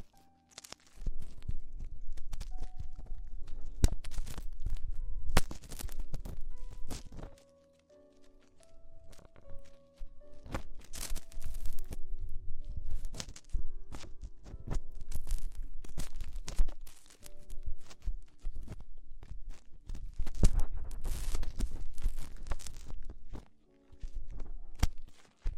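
Ear exploration sounds: dense crinkly crunching and tearing-like scratches come in bursts of several seconds, broken by brief silent pauses near 8 and 23 seconds.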